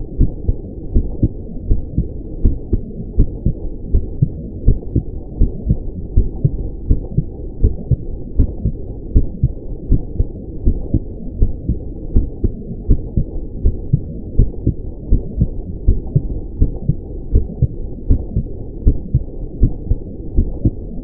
Heartbeat Mono 80 Bpm.